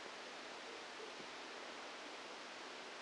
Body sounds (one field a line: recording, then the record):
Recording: brain microelectrode recording played as sound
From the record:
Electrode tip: outside the subthalamic nucleus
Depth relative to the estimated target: 4 mm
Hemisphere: right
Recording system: NeuroSet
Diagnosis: Parkinson's disease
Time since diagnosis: 7 years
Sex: female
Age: 68 years